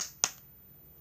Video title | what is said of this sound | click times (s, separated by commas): What on my phone 2 | fait c'est un truc qui se clipse comme ça en pâte on enlève comme ça et | 0.2 s